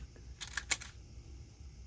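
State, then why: Seated. A plastic clevis supplied with the Balsa USA Stingray RC plane kit (DLE-20 build) is snapped onto the control horn / servo arm hole of the servo and control rod linkage. A short cluster of sharp plastic clicks runs from about 0.4 to 0.9 s, with the loudest snap at 0.7 s. The clevis seats in place.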